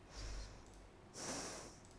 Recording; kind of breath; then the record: one breath in and out by a microphone near the nose and mouth; deep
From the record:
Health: marked as sick, illness not named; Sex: female